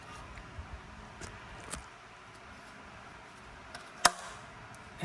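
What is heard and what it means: A plastic engine tube quick-connect fitting on a 2008–2013 VW Passat, Tiguan or GTI TSI 2.0 turbo is pushed back onto its port during engine reassembly. Faint ticks are heard around 1.7 s and 3.8 s, then a sharp click at 4.1 s as the connector locks in and seats.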